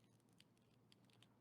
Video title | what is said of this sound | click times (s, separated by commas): Transformers Legacy Jhiaxus Figure Review | worked in. There we go. And then they'll just kind of click into place like so. | 0.4 s, 0.9 s, 1.2 s